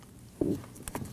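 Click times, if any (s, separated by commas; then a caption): none. The interior door handle release cable is being lined up to clip onto the front interior door handle of a 2016-2020 Kia Sorento, before the door panel goes back on. A low, rustling bump of handling comes at about 0.4 s, then a short, sharp tick at 0.9 s and a fainter one just after. Nothing has seated or clicked into place yet.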